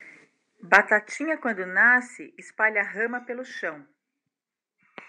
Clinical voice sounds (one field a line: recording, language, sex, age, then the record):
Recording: short text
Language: Brazilian Portuguese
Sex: female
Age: 50 to 59 years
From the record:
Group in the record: control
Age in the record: 52 years